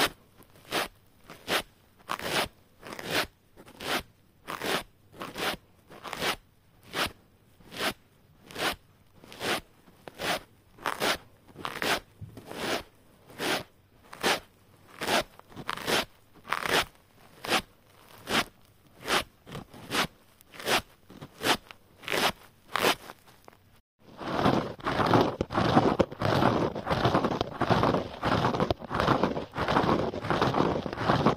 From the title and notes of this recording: SCRUB SPONGES ASMR. ASMR including sounds of rubbing and scratching scrub sponges.